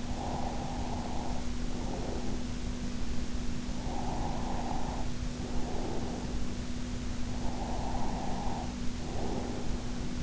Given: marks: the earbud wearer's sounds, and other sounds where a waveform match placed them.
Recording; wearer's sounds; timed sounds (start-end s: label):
sounds in sleep by an in-ear microphone; breath
0.00-2.80 s: breath
3.43-6.57 s: breath
7.09-10.23 s: breath